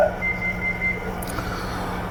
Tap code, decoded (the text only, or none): none